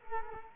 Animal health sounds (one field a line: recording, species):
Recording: mosquito wingbeat signal from an infrared sensor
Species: Culex quinquefasciatus